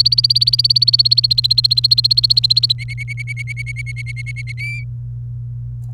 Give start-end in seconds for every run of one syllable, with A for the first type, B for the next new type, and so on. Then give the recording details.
0.00-2.73 A, 2.79-4.52 B, 4.58-4.83 C. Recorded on 28 April 2018 at 08:18. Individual llb3